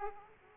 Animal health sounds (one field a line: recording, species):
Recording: mosquito wingbeat signal from an infrared sensor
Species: Aedes aegypti